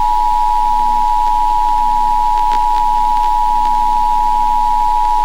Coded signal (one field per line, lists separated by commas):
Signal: Emergency Alert System (SAME) tones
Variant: 853 and 960 Hz attention tone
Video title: EAS Scenario: 2020. Year of the End. (New Year Special!)